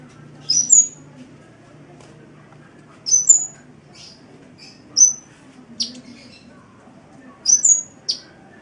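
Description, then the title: Oriental magpie-robin song: short, high whistled phrases with sharp notes, given in bursts a few seconds apart over a low background hum. "Kicau Kacer"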